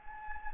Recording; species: mosquito wingbeat signal from an infrared sensor; Anopheles gambiae